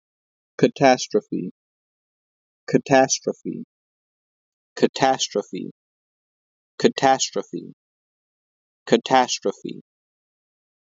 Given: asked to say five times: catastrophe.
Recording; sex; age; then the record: repeated word; male; 20 to 29 years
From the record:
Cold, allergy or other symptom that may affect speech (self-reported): no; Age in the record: 26 years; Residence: Florida, United States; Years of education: 18